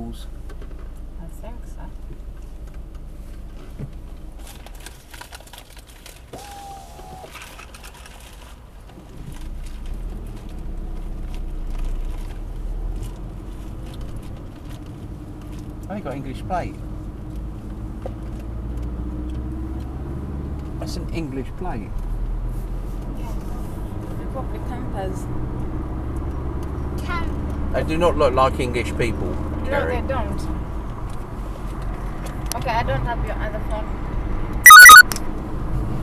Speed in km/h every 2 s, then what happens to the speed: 0, 0, 0, 0, 0, 0, 0, 0, 13, 15, 16, 21, 27, 32, 35, 37, 37, 40.
0-15 standing. 15-36 pulls away to 40.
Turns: none.